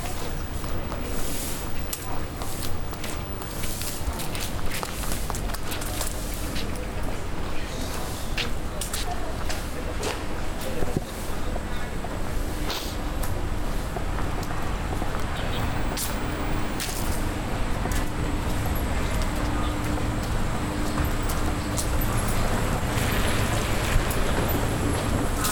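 Walking through Nanluoguxiang, a busy Beijing hutong street: a steady, dense wash of crowd chatter and passing vehicles fills all 26 seconds. Short sharp clicks and knocks pop up often, and a faint low hum runs underneath throughout.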